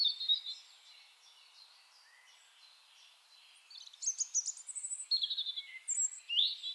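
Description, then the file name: European robin: a short high note at first, a lull with faint notes, then a long, intricate phrase of trills and sharp whistles. "Erithacus rubecula"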